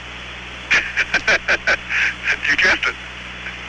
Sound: laughter